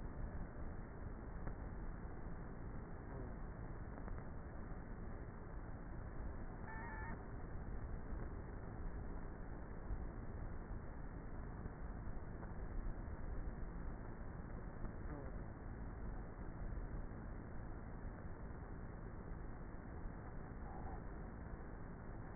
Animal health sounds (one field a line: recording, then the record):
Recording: honeybee colony, microphone inside the hive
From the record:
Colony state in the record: queenless with a low population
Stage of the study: before two queens were removed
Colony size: about 30,000 bees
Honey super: no